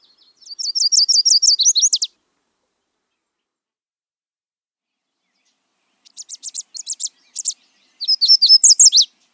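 Yellow warbler song: a bright, rapid series of high sweet notes, then after a pause a second song of separate high chips ending in a quick burst of slurred notes.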